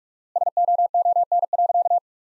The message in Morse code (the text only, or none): SOON.